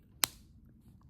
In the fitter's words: Now remember, you want to hear the click. Ready? One, two, three.